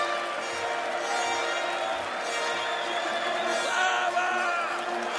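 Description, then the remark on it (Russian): A large crowd roars steadily for several seconds, many voices applauding and chanting a name together as a dragon prince steps onto a balcony, over a dense wash of clapping, the noise holding at a constant, loud level throughout. “Люди аплодируют ему и скандируют его имя.”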